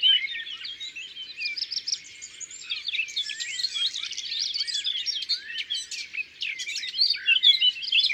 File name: Fauvette a tete noire Concerts Naturels de la Drome Studio les Trois Becs